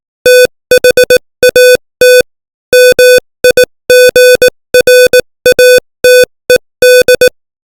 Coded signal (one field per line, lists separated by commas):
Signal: Morse code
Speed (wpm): 18 wpm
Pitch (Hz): 500 Hz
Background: music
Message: THAT MIGRATED